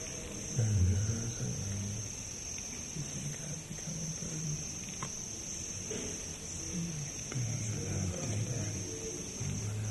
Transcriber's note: whispering about what Prabhupāda said about burden